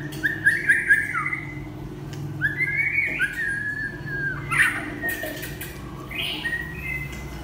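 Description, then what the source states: White-rumped shama song of a few drawn-out whistled phrases, some sliding and some with short trills, set against a noticeable low background hum. Champion bird from a singing contest.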